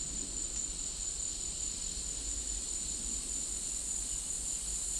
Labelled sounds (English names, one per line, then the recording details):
none
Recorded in dense forest near Puerto Asís, Putumayo, Colombia, on 4 March 2025 at 11:30
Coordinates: 0.499, -76.324
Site GP03